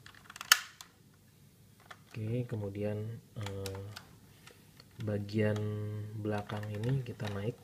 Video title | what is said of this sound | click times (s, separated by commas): Malas (Mainan Lawas) Ngereview #11 : 1985 KENNER M.A.S.K Switchblade | tekan ke bawah untuk mengunci posisinya sampai bunyi klik. | 0.5 s